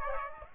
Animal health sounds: mosquito wingbeat signal from an infrared sensor; Aedes aegypti

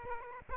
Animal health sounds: mosquito wingbeat signal from an infrared sensor; Aedes aegypti

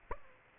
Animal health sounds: mosquito wingbeat signal from an infrared sensor; Aedes aegypti

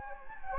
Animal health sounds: mosquito wingbeat signal from an infrared sensor; Anopheles gambiae

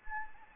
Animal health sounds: mosquito wingbeat signal from an infrared sensor; Anopheles arabiensis

